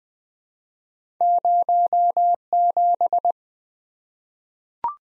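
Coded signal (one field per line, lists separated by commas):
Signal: Morse code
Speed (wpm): 20 wpm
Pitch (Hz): 700 Hz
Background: none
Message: 07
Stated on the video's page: 20 wpm head-copy practice of random two-character letter and number combinations, each sent in Morse, spoken, then sent again.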